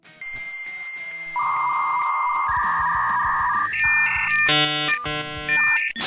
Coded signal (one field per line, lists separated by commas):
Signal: dial-up modem handshake